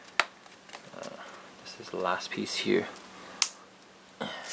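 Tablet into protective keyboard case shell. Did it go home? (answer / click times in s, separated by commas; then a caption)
yes / 3.4 s. The last section of a NewTrent Airbender Pro plastic keyboard case shell is pressed onto a tablet while someone talks. A sharp snap at 3.4 s marks the rugged case seating firmly into place.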